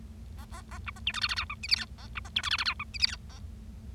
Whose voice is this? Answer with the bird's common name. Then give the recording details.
Bengalese Finch. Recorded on 25 March 2012 at 08:23. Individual gy6or6